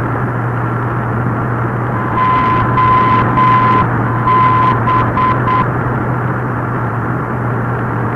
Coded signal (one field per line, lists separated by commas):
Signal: Morse code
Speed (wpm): 8 wpm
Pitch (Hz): 1020 Hz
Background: radio noise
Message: OB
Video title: NDB Beacon "OB" - 0 852,00 MHz Airport Vnukovo, Moscow Region, Russia